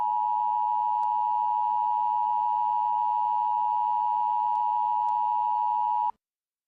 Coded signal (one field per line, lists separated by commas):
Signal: Emergency Alert System (SAME) tones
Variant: 853 and 960 Hz attention tone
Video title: EAS MOCK - Evil Darwin Part 1